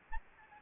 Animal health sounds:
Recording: mosquito wingbeat signal from an infrared sensor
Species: Anopheles gambiae

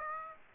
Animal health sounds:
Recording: mosquito wingbeat signal from an infrared sensor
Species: Aedes aegypti

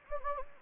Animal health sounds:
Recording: mosquito wingbeat signal from an infrared sensor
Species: Anopheles gambiae

